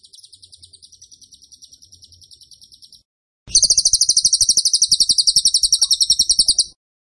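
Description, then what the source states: Bird song: a soft, high pulsed trill for three seconds, a brief pause, then a much louder rapid trill. Training (masteran) recording for cage birds; song style called tembakan; bird singing vigorously (gacor).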